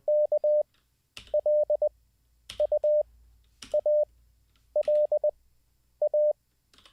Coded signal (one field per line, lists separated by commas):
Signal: Morse code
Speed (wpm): 20 wpm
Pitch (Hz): 600 Hz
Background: none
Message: KLUALA